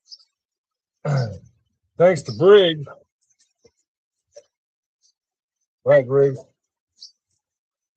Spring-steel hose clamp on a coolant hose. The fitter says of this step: Uh oh, there it goes. Unlocks.